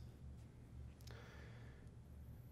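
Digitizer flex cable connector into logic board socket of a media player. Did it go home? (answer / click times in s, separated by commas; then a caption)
yes / 1.0 s, 1.1 s. An aligned digitizer flex cable connector is pressed onto its logic board socket during an iPod 5th generation display assembly replacement. Two short, sharp snaps sound close together at 1.0 s and 1.1 s over a steady low background hum. The connector double-snaps home and is seated.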